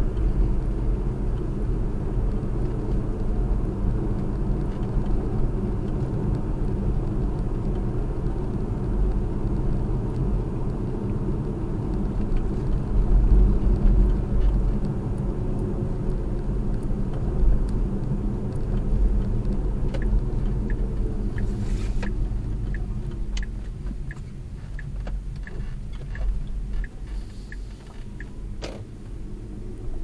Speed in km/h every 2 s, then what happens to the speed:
53, 55, 58, 58, 55, 55, 53, 53, 50, 47, 37, 15, 11, 26, 31.
0-6 steady at about 55. 6-23 slows to 11. 24-30 speeds up to 31.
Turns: 22-25.